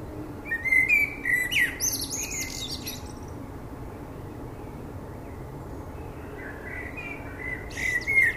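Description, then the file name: Common blackbird warbles a run of fluty notes capped by a high twitter, pauses, then starts another soft fluted phrase. "Turdus merula"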